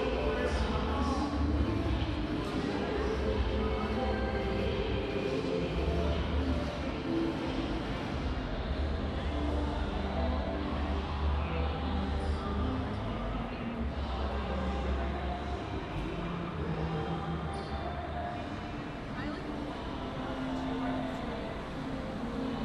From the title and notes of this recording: This binaural audio recording captures a Saturday-evening stroll down Orange Avenue and Church Street in Orlando, Florida during the pandemic.